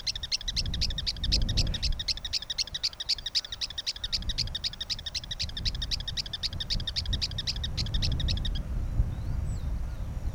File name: Campo Miner